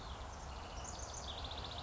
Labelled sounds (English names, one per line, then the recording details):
House Wren
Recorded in Sonoma County, California